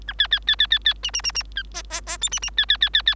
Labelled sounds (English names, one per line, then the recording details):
Bengalese Finch song
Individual Bird3